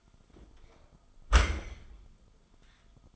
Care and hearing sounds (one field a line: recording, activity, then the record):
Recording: daily activity, microphone in the room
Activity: close dishwasher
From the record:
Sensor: 5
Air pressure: 1004.8 hPa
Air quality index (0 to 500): 92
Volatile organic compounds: 2 ppm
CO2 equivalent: 1109 ppm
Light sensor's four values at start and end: 33/75/30/30 and 33/75/30/30